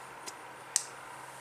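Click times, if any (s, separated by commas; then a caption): none. An aftermarket chrome trim piece is pushed up into its mounting on the car body, where it is supposed to sit at an angle and go deep in. A faint tick is heard around 0.3 s, then a single sharp knock at 0.8 s, over a steady low hum. The trim piece has not clicked into place.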